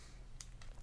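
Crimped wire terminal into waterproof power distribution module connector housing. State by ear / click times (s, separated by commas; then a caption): seated / 0.4 s. A crimped wire terminal with a small spring clip is lined up with the T-shaped slot and pushed into the connector housing of a waterproof power distribution module. A sharp click at 0.4 s marks the terminal seating, followed by fainter ticks at about 0.6 s and 0.8 s. The terminal is seated.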